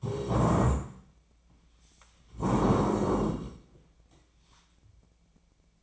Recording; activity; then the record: daily activity, microphone in the room; stand up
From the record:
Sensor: 1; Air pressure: 1012.3 hPa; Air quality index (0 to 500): 174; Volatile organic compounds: 3 ppm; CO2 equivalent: 1424 ppm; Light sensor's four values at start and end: 45/123/50/61 and 46/123/51/62